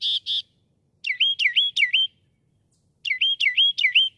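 Northern mockingbird song, two buzzy notes followed by two runs of repeated swooping, slurred whistles.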